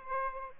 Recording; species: mosquito wingbeat signal from an infrared sensor; Aedes albopictus